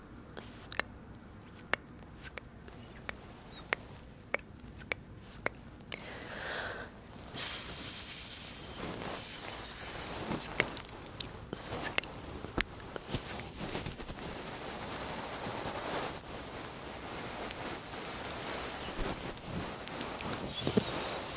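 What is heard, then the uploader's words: Fluffy microphone scratching. It opens with sparse sharp taps about every half second over a soft low rumble, then from around seven seconds becomes dense, continuous rubbing and brushing with bright rustle, occasional louder scrapes, steady to the end. ASMR 3dio FLUFFY Mic Scratching & Ear Massage. Ear Muffs on the Mic.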